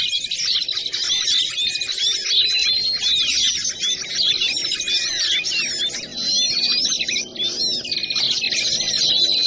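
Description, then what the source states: Bar-winged prinia: small bird calls, a crowded stream of high twittering and short whistled slurs, steady and unbroken throughout, with low background noise. Lure sound used to attract wild birds; local name ciblek.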